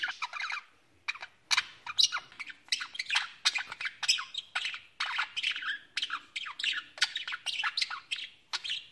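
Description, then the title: Budgerigar chatter, a steady torrent of harsh chirps, squawks and warbled notes with hardly any pause. "Budgie Sounds"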